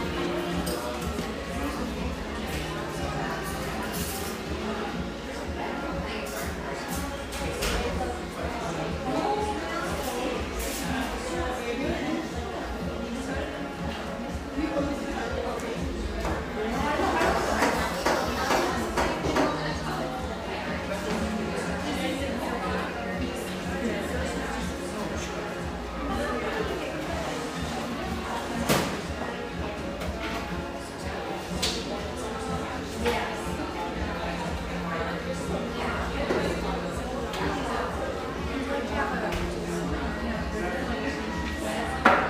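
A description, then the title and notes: A busy neighborhood espresso shop hums steadily with overlapping conversation, voices blending into a dense murmur throughout. Short sharp clinks and knocks of cups and equipment cut through every few seconds, with a low steady rumble underneath and a livelier stretch of chatter near the middle. The gentle hum of a wonderful neighborhood espresso shop, tucked away in a corner of the iconic coffee town of Portland, Oregon.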